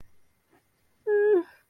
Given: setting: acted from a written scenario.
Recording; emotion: vocal sound without words; embarrassment